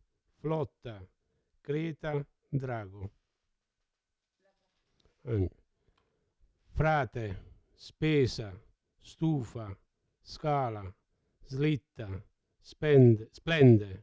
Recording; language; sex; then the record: read list of words; Italian; male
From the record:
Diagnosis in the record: Parkinson's disease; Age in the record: 70 years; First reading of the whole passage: 68 s, 7.6 characters per second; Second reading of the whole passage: 61 s, 8.4 characters per second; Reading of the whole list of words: 64 s, 4.4 characters per second